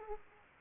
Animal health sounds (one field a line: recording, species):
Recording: mosquito wingbeat signal from an infrared sensor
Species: Aedes aegypti